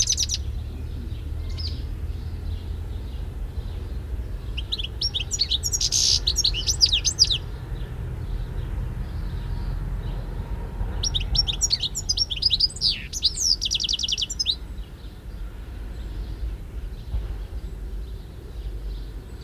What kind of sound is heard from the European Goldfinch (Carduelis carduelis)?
song